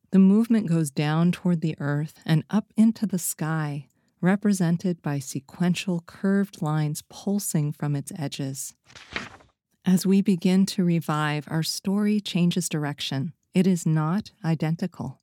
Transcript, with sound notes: The movement goes down toward the earth and up into the sky, represented by sequential curved lines pulsing from its edges. [sound effect: page turn] As we begin to revive, our story changes direction. It is not identical.